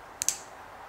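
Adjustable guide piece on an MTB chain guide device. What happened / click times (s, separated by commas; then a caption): The guide piece clicked into its locked position / 0.2 s, 0.3 s. An adjustable guide piece on an Absolute Black MTB chain guide device is pushed until it locks into place. Two sharp, short clicks sound at 0.2 s and 0.3 s, and the piece is seated.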